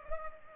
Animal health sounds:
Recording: mosquito wingbeat signal from an infrared sensor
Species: Culex pipiens

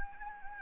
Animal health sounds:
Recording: mosquito wingbeat signal from an infrared sensor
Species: Anopheles gambiae

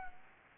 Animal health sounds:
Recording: mosquito wingbeat signal from an infrared sensor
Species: Aedes aegypti

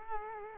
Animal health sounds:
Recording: mosquito wingbeat signal from an infrared sensor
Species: Culex quinquefasciatus

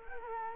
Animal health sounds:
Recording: mosquito wingbeat signal from an infrared sensor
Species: Culex quinquefasciatus

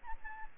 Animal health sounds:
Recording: mosquito wingbeat signal from an infrared sensor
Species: Aedes albopictus

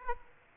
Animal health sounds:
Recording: mosquito wingbeat signal from an infrared sensor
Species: Aedes aegypti

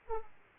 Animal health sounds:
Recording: mosquito wingbeat signal from an infrared sensor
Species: Aedes aegypti

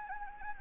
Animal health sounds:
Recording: mosquito wingbeat signal from an infrared sensor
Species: Anopheles gambiae

